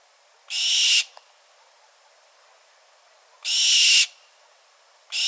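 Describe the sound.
Bird uttering two long, harsh hissing screeches about three seconds apart, with a third starting at the end, and a brief click between.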